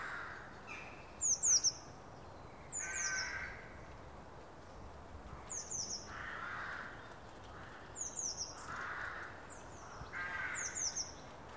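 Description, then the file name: Eurasian blue tit giving thin, high, falling notes in quick clusters of two or three, repeated every few seconds, over soft rushing background noise. "Cyanistes caeruleus"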